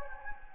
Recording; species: mosquito wingbeat signal from an infrared sensor; Anopheles gambiae